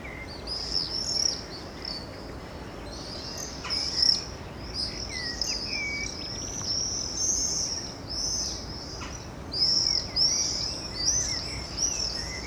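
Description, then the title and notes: Birds in a busy chorus: many high twittering phrases and sweeping whistles that overlap almost continuously, with lower chirps now and then and a constant background hiss. Recorded along Chemin sous les Fenêtres, Aurifat, Cordes-sur-Ciel, Albi, Tarn, Occitanie, France; birdsong with road noise; Zoom H6 recorder, FetHead, BasicUcho microphone. "Chemin sous les Fenêtres, Aurifat, Cordes-sur-Ciel, Albi, Tarn, Occitanie, France métropolitaine, 81170, France - quiet time with the birds. birdsong , noise from the road"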